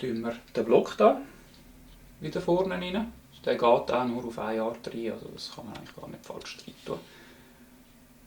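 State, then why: Not seated. A metal locking block is being installed back into the front of a Glock Gen 3 pistol frame while someone talks throughout, with faint handling clicks in the background. The block is handled but nothing has seated or clicked yet.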